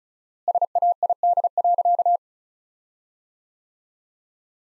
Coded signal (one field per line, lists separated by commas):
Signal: Morse code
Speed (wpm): 36 wpm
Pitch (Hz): 700 Hz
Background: none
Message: SAID.